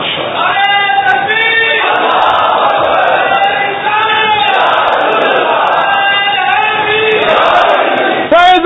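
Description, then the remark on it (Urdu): A crowd chants the Dawat-e-Islami religious slogan "Faizan-e-Mushkil Kusha" in loud, rhythmic unison, voices rising and falling in repeated phrases with sustained tones, over a steady wash of massed voices. “فیضان مشکل کشا یہ دعوت اسلامی کا نعرہ ہے.”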